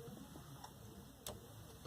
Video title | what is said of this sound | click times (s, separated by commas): Gemini Mix2Go Speaker Upgrade | okay that has snapped right in and then your three prong cable okay | 1.3 s